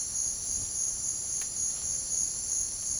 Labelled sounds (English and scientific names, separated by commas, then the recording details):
none
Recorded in secondary vegetation near Puerto Asís, Putumayo, Colombia, on 21 March 2025 at 16:00
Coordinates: 0.489, -76.322
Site G042